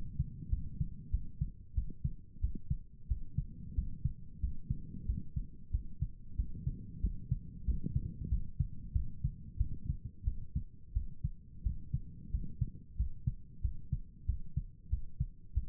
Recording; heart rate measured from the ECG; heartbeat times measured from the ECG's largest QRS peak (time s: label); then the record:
heart sounds by stethoscope; 92 bpm
0.49 s: heartbeat
1.10 s: heartbeat
1.74 s: heartbeat
2.40 s: heartbeat
3.07 s: heartbeat
3.74 s: heartbeat
4.40 s: heartbeat
5.05 s: heartbeat
5.71 s: heartbeat
6.35 s: heartbeat
7.00 s: heartbeat
7.65 s: heartbeat
8.28 s: heartbeat
8.92 s: heartbeat
9.57 s: heartbeat
10.24 s: heartbeat
10.93 s: heartbeat
11.63 s: heartbeat
12.30 s: heartbeat
12.96 s: heartbeat
13.61 s: heartbeat
14.25 s: heartbeat
14.89 s: heartbeat
15.53 s: heartbeat
From the record:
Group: healthy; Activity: rest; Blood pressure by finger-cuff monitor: 99/71 mmHg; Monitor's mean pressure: 79 mmHg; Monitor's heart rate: 92 bpm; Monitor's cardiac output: 7.2 L/min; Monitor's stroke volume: 78 mL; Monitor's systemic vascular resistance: 800 dyn s/cm5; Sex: male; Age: 19 years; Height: 178 cm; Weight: 83 kg